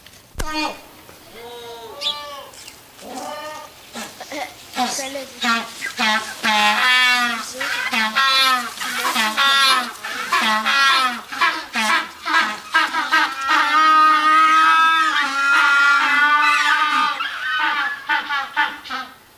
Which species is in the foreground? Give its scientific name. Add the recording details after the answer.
Spheniscus demersus. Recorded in captivity. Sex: group. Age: diverse. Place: Tierpark Berlin, Berlin, DE. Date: 1983-12-24 11:37. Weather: sunny, 1-3°C, no wind. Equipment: Nagra SN, Sennheiser MKH 416 T, Kopie Uher 4000 Report Monitor. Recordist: Tembrock, Günter